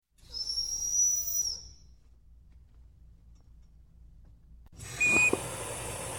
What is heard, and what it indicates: Hospital Ventilator Compressor Prime Up.